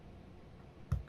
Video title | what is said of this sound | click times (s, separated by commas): Repair Your Apple iPhone 8 Screen By Yourself In 10 Minutes Step By Step For Beginners. | Make sure you hear the click. | 0.9 s, 1.1 s